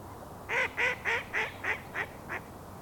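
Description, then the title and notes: Mallard quacking: a run of seven harsh, nasal quacks in quick succession, the last ones softer. Mallard on the rivière des Mille-Îles near Autoroute 15, Boisbriand, Montreal, at rush hour; recorded with a Sound Devices recorder. "Montreal: Boisbriand (colvert). recorded by: Alain Dupuis. Colvert sur la rivière des Mille-îles à l'heure de pointe près de l'autoroute 15. Montreal Sound Map"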